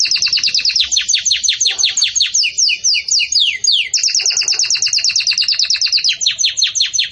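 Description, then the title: Canary song: fast, continuous high trills of repeated descending notes, shifting between tours of quicker and slower syllables without pause. Belgian canary song described as bell-like ('campainha'), used for training chicks ('encarte de filhotes'). "Belíssimo Canto Do Canário Belga Campainha Para Encarte De Filhotes"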